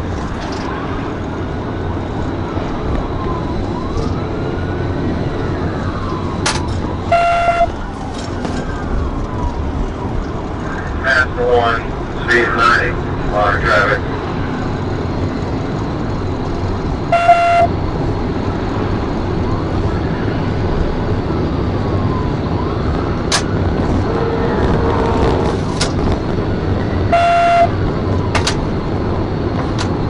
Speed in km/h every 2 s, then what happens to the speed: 155, 159, 159, 135, 145, 159, 177, 182, 190, 196, 196, 188, 185, 188, 188.
0-7 slows to 135. 7-18 speeds up to 196. 18-30 slows to 188.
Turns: none.